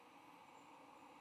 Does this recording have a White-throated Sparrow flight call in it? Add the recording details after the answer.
no. No flight call is heard. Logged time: 08:02 on 22 November 2014